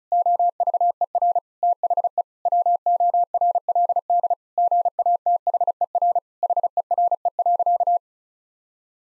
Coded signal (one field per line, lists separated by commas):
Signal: Morse code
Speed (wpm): 36 wpm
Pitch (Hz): 700 Hz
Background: none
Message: OVER THE WORLD GATHER HERE.